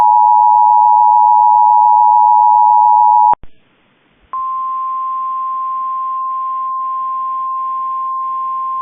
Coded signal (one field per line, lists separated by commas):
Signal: Emergency Alert System (SAME) tones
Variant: 853 and 960 Hz attention tone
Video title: Severe Thunderstorm Warning EAS (Cox) 6/18/25